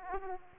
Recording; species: mosquito wingbeat signal from an infrared sensor; Aedes aegypti